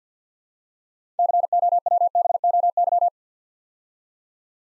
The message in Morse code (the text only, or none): COWBOY